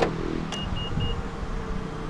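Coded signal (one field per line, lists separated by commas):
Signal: none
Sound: car lock confirmation beeps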